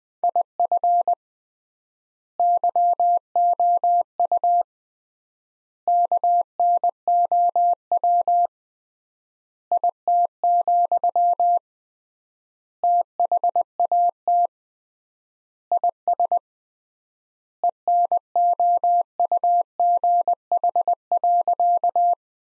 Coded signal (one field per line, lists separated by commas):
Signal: Morse code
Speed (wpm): 20 wpm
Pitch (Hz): 700 Hz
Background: none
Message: IF YOU KNOW IT, THAT IS ENOUGH.